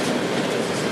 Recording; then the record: background sound without coughing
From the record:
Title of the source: Office Sounds Ambience - Background Noise for Study and Work